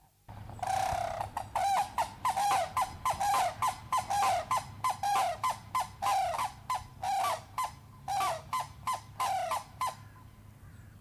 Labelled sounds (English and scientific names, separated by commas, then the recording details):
White-naped Crane (Grus vipio)
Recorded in captivity
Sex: pair
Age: adult
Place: Tiergarten Wilhelma/Stuttgart, Baden-Württemberg, DE
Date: 2005-03-14 12:09
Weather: heiter, 4-8°C
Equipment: Sony WM-D6C, Sony ECM-MS 907, Kopie Uher 4000 Report Monitor
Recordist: Tembrock, Günter
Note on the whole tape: Paar: Kurzlaute und Duett-Rufen